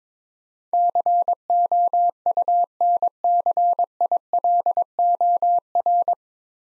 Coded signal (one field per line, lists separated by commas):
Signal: Morse code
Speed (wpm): 22 wpm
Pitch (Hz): 700 Hz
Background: none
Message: COUNCILOR